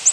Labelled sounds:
Yellow-rumped Warbler flight call

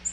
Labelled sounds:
Nashville Warbler flight call

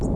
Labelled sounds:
Red-faced Warbler flight call

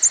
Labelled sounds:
American Redstart flight call

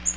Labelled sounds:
Bay-breasted Warbler flight call

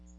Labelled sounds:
Magnolia Warbler flight call

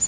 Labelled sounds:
Prairie Warbler flight call

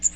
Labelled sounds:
Magnolia Warbler flight call

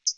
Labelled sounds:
Hooded Warbler flight call

